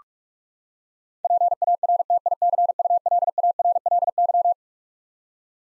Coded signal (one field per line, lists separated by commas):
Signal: Morse code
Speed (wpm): 46 wpm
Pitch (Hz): 700 Hz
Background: none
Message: PARTICULARLY